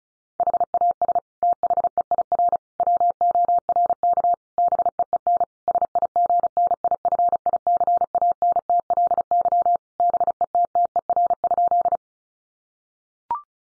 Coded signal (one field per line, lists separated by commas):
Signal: Morse code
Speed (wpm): 34 wpm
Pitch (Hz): 700 Hz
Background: none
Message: HAS THEIR WORK BEEN SIGNIFICANTLY BETTER?